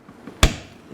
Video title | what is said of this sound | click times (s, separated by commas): How To Remove and Replace a Tail Light - 2019 Subaru Forester | you'll hear the little click, and then you can go ahead and | 0.4 s